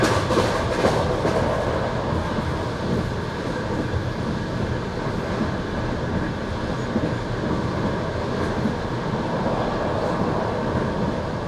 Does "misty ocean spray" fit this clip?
no